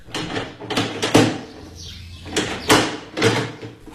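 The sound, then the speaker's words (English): A door is unlocked and opened to let a police inspector out: a series of sharp clicks and rattling knocks, then a soft sliding sweep and a few more firm clunks, fairly loud with no voices. “And you, young lady, unlock that door and let the inspector out.”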